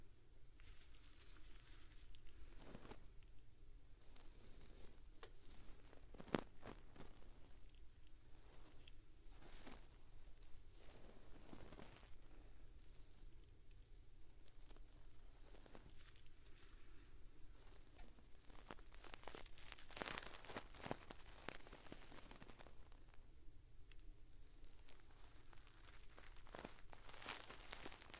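Right-ear ASMR with a feather wand and an ear pick: soft, continuous scratchy brushing fills the clip, with bursts of crinkly rubbing every second or two. A sharp click lands near six seconds, and a steady low hum runs underneath throughout.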